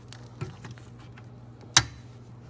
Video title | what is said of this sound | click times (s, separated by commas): How To Install HID Kit In RAV4 - 2015 2013 2014 2016 2017 2018 Toyota | There's the click. | 1.8 s